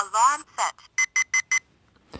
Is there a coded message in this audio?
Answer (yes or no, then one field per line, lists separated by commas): no